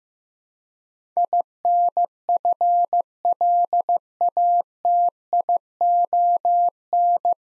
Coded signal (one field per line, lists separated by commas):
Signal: Morse code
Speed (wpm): 15 wpm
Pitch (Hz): 700 Hz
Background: none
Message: INFLATION